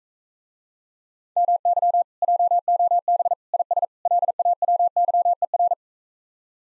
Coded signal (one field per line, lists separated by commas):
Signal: Morse code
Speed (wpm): 44 wpm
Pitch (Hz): 700 Hz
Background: none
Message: MY JOB IS LAWYER